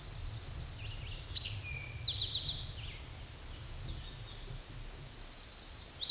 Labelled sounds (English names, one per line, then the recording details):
Eastern Towhee song
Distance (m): 20 m
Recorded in a Pennsylvania forest on 17 May 2023 at 12:10
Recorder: AudioMoth, point grid1_19_low
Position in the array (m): 115 m, 214 m